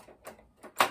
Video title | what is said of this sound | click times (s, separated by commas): Vide grenier de folie un zelda et une gameboy en boite !!!!! | bon le tiroir s'enclenche bien je verrai bien il m'a dit qu'elle fonctionnait pas | 0.8 s